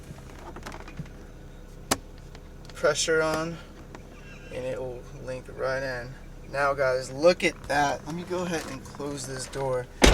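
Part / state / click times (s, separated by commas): tablet into dashboard clip mount / seated / 1.9 s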